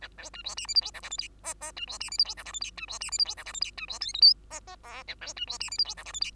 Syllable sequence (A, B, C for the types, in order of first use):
A B C D E F G H I J K L M M C D E F G H I J K L C D E F G H I J K L C D N O P M M Q A B C D E F G H I J K L